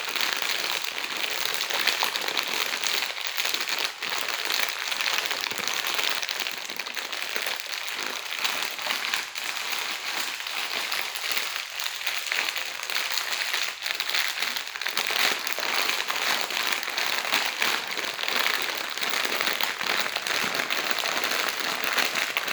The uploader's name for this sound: Doritorustle